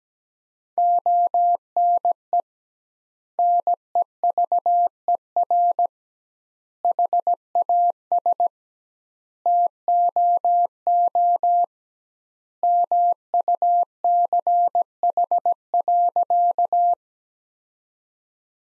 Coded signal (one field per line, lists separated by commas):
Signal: Morse code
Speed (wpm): 17 wpm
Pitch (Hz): 700 Hz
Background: none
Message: ONE NEVER HAS TOO MUCH.